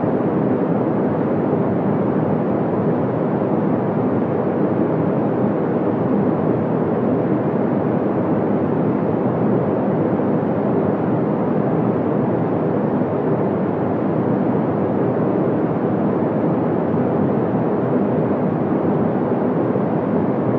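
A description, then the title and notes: A sound-masking hiss, a constant dense rush with no gaps or events for the whole twenty seconds. It sits in the low and middle range, a soft, dull roar like a distant engine, with nothing bright above it and a perfectly even level throughout. Sound Masking.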